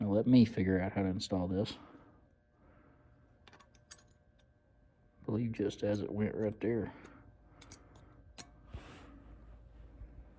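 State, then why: Not seated. A metal brake pad abutment clip is handled at the caliper bracket during a front brake job on a 1999-2005 Oldsmobile Alero or Pontiac Grand Am. Someone talks, with faint metallic ticks near 3.5–3.9 s and 7.6–7.7 s. Nothing has seated or clicked into place yet.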